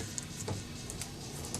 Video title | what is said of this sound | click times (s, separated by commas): HP 2710p keyboard replacement | so once you have that in there you just push down and you'll hear a click and then | 0.2 s